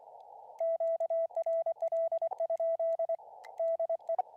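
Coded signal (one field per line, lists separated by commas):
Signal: Morse code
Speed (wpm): 24 wpm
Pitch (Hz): 660 Hz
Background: radio noise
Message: QRL? DE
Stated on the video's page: Live CW Parks on the Air operation from a mountain camp at 10,400 feet.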